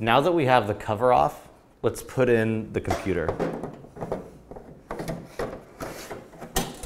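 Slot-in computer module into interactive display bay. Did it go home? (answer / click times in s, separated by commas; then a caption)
yes / 6.6 s. Someone talks, then a plug-in computer module is slid into its bay in the back of a ViewSonic ViewBoard interactive display panel, with the cover off, producing a series of short knocks and scrapes as it is pushed fully in. The loudest sharp snap, at 6.6 s, is the module latching home and seated.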